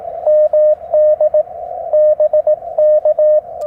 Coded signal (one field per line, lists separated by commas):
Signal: Morse code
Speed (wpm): 22 wpm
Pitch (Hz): 600 Hz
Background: none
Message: MD BK